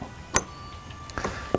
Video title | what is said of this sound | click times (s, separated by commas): 💥NEW Champion 4500W Dual Fuel Generator - for RV, Off-Grid, & Preppers!💥 | and this has a really nice easy to use quick connect feature you just push it into your generator until you hear the click | 0.4 s